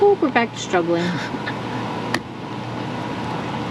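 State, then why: Seated. Someone talks while pressing a plastic cover onto a Tesla Model Y roof rack cross bar bracket, then a single sharp snap is heard at 2.2 seconds as the cover seats. A steady low hum continues afterward.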